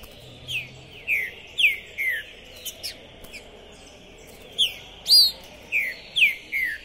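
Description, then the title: Green-winged saltator song: short, loud whistled notes sliding downward, in two bursts of four or five, separated by a pause. A steady high hiss and faint clicks run underneath. Captive contest bird calling, singing and displaying aggressively (macheando) while warming up for a singing tournament, at the tournament entrance; 2021. "ESQUENTAR Seu TRINCA Piando, Cantando E Macheando Na DISPUTA. Esse TRINCA FERRO ficou POSSUÍDO na PORTA do TORNEIO! Trinca Ferro Pistoleiro 2021"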